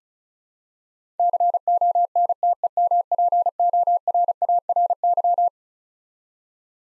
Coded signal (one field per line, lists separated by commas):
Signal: Morse code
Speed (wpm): 36 wpm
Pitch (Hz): 700 Hz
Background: none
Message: CONTEMPORARY